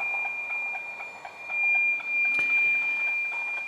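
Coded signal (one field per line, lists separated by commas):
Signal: weather satellite image (APT)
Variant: NOAA APT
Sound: a steady high whistle over hiss, with a faint rhythmic ticking texture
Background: radio static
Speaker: er schon 64% [Musik] hat ja wx2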